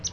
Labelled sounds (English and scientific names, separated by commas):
Palm Warbler (Setophaga palmarum) flight call